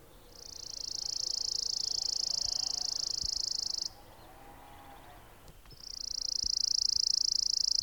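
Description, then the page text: Chipping sparrow singing a long, flat, dry trill of fast identical chips for over three seconds, a pause, then the trill starting again. "Richard E Webster - Малая воробьиная овсянка (Spizella passerina)"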